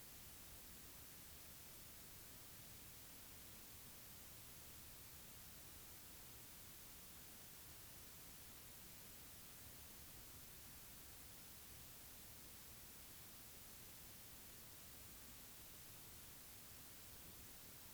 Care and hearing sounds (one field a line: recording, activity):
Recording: daily activity, guitar pickup as the sensor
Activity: stand